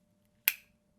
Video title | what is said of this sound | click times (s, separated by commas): GOOD OR JUST OK? - Victorinox One-Hand Sentinel - Honest Review by AKOGR | You hear that click? That's the lock engaging there on the bottom. | 0.5 s